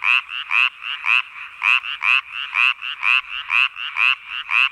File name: Hyla Japonica Is Calling